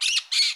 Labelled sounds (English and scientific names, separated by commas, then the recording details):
Brown-throated Parakeet (Eupsittula pertinax) contact call
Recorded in Curacao
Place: Hoffi Jan Thiel
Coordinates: 12.094, -68.877